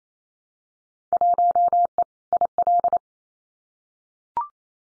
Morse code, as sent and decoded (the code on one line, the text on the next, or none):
.---- . / .. .-..
1E IL